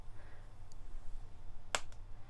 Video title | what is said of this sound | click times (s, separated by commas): Here & Now for Friday 28 April 2017 | You take the needle, you jab it in, and you press down until you hear a click | 1.8 s